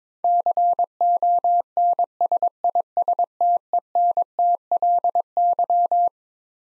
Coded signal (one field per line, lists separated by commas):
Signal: Morse code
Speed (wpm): 21 wpm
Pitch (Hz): 700 Hz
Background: none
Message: CONSISTENTLY